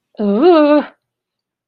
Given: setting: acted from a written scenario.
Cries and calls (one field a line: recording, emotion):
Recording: vocal sound without words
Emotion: negative surprise